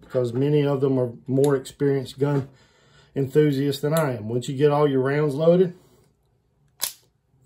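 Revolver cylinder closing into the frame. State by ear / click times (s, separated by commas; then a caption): seated / 6.8 s. Someone talks for about six seconds. After the rounds are loaded, the steel revolver cylinder is swung shut into the frame and latches with a single sharp snap at 6.8 s, seating it closed.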